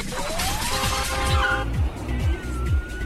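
A car stopped in traffic with its stereo at full volume: the engine idles and revs, a rising whine climbing over a heavy low rumble with repeated thumping beats underneath, loud throughout and without voices.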